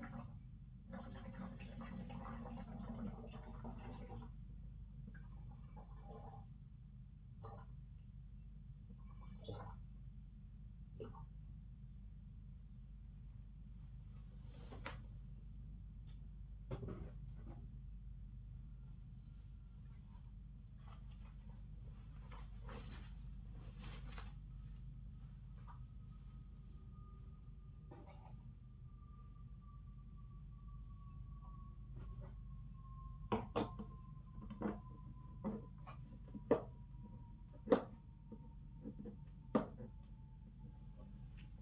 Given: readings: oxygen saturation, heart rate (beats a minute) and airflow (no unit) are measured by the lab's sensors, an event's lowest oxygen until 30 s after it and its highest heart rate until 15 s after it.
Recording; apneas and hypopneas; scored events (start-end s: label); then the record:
a person awake in a sleep study, by a smartphone at the bedside; none
0.00-41.62 s: awake
From the record:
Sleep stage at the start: awake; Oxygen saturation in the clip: 94 to 95%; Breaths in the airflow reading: 14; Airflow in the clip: -10.1 to 8.2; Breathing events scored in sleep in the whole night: 270 in 6.1 hours asleep